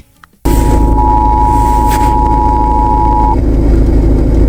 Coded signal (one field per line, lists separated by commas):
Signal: Emergency Alert System (SAME) tones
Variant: 853 and 960 Hz attention tone